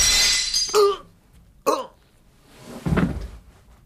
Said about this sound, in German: Die Kugel drang durch das Glas des Ladengeschäftes und traf ihn auf Brusthöhe.